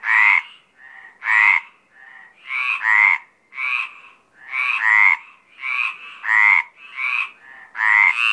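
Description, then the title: Mediterranean tree frog chorus, loud drawn-out croaks trading with softer, shorter croaks from neighbouring frogs in an irregular back-and-forth rhythm. Mediterranean tree frogs calling at Apt, Vaucluse, in April 2010. "Sylvain Jaskowiak - Animus. Rainettes méridionales - Apt, Vaucluse - avril 2010"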